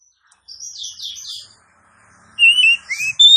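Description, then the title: Oriental magpie-robin calls: a buzzy run of slurred high notes, a short pause, then sharper clear whistles sliding up and down, loud and close together. Female call, used as a lure to provoke males to respond and fight; any male is said to answer quickly. "KACER NGOTOT FULL TEMBAKAN. KACER MANAPUN DIJAMIN NYAUT TIDAK PAKEK LAMA DENGAN PIKAT SUARA KACER BETINA INI"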